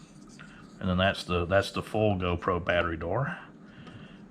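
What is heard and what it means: The original battery door pops off a GoPro 10 action camera body with a small click at 0.4 s, releasing it from the camera. Someone then talks over low background noise.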